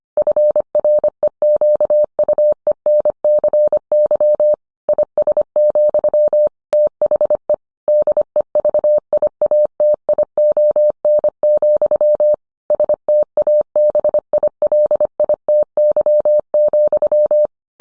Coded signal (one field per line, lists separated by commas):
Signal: Morse code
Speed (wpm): 25 wpm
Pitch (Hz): 600 Hz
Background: none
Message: FREQUENCY IS, THE DEVIATION, STABILITY,